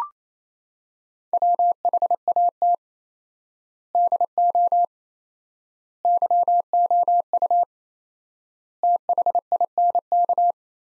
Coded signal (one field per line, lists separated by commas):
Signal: Morse code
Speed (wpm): 27 wpm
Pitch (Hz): 700 Hz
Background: none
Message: WHAT DO YOU THINK